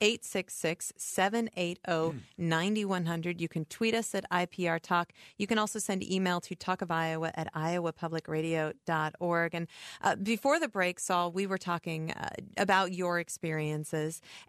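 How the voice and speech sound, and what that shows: An adult woman radio host speaks fluently at an even broadcast pace, reading out contact details and then leading into the next question. Her voice is clear and steady, with normal pitch variation and no hoarseness, repetitions or slurring: ordinary typical speech.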